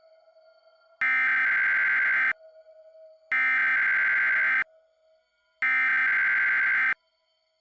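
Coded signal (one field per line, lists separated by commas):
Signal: Emergency Alert System (SAME) tones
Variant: header bursts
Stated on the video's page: Simulated EAS scenario, audio made with text-to-speech voices on an iPod touch.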